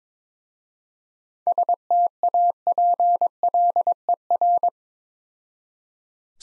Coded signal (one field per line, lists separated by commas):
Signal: Morse code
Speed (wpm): 22 wpm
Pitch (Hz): 700 Hz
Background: none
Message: STAPLER